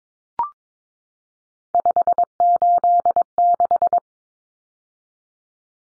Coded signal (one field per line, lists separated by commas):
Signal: Morse code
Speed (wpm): 22 wpm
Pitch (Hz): 700 Hz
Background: none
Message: 586